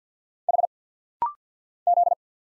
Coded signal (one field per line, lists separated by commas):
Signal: Morse code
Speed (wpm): 46 wpm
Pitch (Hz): 700 Hz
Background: none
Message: H Z